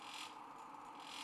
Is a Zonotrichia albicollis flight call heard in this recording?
no